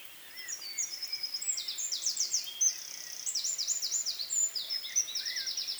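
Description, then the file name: Eurasian wren song: a long, loud, very high outpouring of rapid trills and sharp twittering notes, running almost without pause throughout. "Troglodytes troglodytes"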